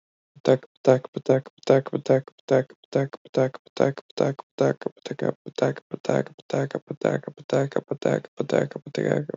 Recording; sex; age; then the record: repeated syllables /pa ta ka/; male; 20 to 29 years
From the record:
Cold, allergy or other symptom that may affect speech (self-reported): no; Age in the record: 25 years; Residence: Michigan, United States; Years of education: 13